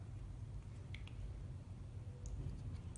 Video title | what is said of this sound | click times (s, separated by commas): How to disassemble and clean Tomlinson S/SPB series faucets | once you hear it snap you can proceed to The Next Step which involves the spring okay so now that this is clicked in | 1.0 s